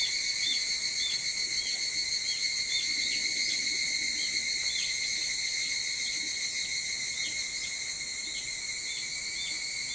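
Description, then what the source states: Evening cicada song, a dense, steady high-pitched ringing with repeated short chirps, at a fairly even level throughout. Recorded 22 July 2023 at 04:40.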